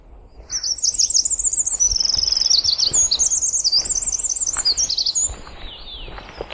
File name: Troglodytes troglodytes 150202